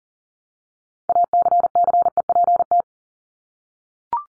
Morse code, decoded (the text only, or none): ACCEPT